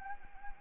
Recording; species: mosquito wingbeat signal from an infrared sensor; Anopheles arabiensis